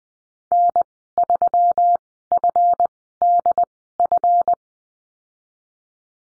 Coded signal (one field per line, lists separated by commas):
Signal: Morse code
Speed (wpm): 20 wpm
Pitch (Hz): 700 Hz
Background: none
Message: N3FDF